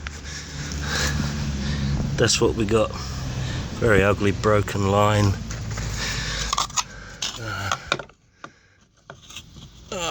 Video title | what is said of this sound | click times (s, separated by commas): MR2 Kanimari diffuser on a Toms rear bumper | one's not gonna snap into place so easily no | none